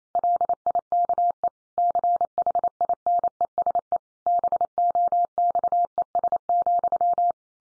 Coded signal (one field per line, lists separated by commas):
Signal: Morse code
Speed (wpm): 28 wpm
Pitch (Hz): 700 Hz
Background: none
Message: LIKE CHINESE BOXES,